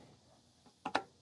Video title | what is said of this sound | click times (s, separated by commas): Stompump Foot Pump Review & Frame Dock | you go you want to feel and hear that click | 1.0 s